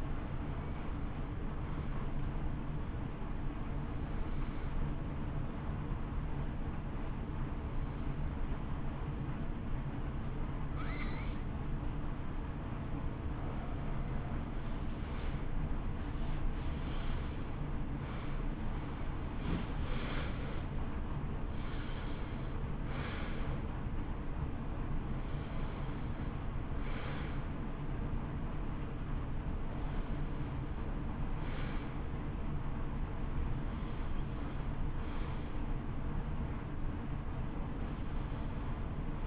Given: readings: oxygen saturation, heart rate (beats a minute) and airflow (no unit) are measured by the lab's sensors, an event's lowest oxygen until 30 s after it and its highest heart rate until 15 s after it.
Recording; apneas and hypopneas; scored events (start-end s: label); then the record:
a person awake in a sleep study, by a smartphone at the bedside; 1
0.00-27.00 s: awake
4.00-19.60 s: hypopnea (scored as awake, oxygen 94% highest, then 91% lowest, heart rate 59 at the start, 71 highest)
24.00-39.27 s: new sleep stage, N1 (lightest sleep)
From the record:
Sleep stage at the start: awake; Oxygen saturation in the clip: 91 to 94%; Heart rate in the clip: 57 to 71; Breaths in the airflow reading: 11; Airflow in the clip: -14.4 to 16.7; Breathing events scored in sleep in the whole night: 328 in 6.3 hours asleep